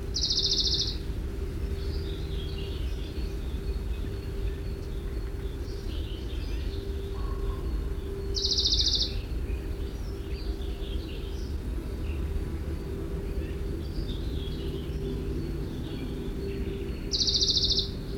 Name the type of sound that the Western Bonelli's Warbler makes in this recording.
song